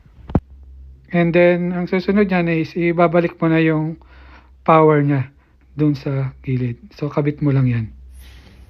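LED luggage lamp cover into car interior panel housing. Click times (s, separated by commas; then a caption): 0.3 s. An LED luggage lamp cover for a Toyota Noah/Voxy 90 is pushed back into its housing in the car's interior luggage-area panel, and its clip engages with a sharp click at 0.4 s, seating it in place. A man then talks over a low steady hum.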